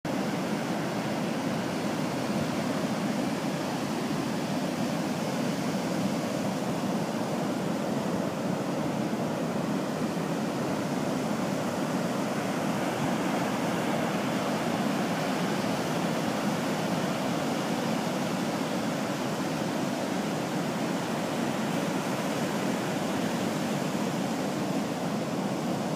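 Pacific surf roars against a seawall in a dense, unbroken wash of sound that holds steady for the whole stretch. The rumble is full and mostly mid-toned, with a hissy upper layer and no distinct wave breaks or pauses standing out.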